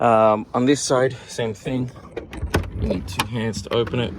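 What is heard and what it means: A slide-out storage drawer with a metal locking latch sits in the rear cargo drawer system of a 2012 Toyota FJ Cruiser; it is a deep drawer handled with two hands. Someone talks throughout while faint handling and rattling sounds come from the drawer. Nothing has seated or clicked yet; the latch has not locked by the end of the clip.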